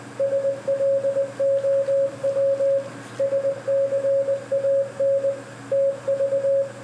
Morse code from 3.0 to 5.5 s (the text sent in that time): SCAN